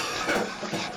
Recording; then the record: coughing mixed with background sound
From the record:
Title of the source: Cough Around the Clock!